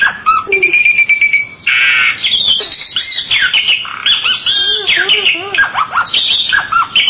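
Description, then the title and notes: Bali myna singing a varied medley: a long steady whistle, harsh squawky bursts, then bouncy looping whistled notes and chatter. "Jalak Bali 2. Kicau Burung Jalak"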